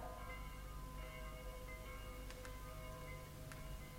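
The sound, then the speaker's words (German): Bells ring steadily with overlapping, sustained metallic tones that hum together, and a few sharper strikes cut through near the end; no one speaks. “Heut läuten die Glocken auch für mich.”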